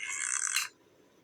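The coloured twist-grip base of a Turbohaler dry powder inhaler is twisted as far as it goes and then back, giving a bright, scratchy ratcheting rasp that stops sharply at about 0.7 seconds. Sharp clicks stand out at 0.3, 0.4 and 0.5 seconds as the base clicks into place. The dose is primed and the inhaler is ready to use.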